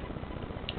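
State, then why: Seated. A blender lid handle on a Ninja blender pitcher is snapped down onto the cover so it locks into place. Over a steady low background hiss, a single short, bright tick is heard at 0.7 s as the handle snaps and locks.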